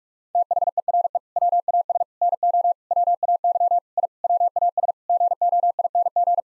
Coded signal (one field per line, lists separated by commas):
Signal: Morse code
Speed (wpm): 46 wpm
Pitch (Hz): 700 Hz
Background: none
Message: THERE WAS NO WAY I WAS GOING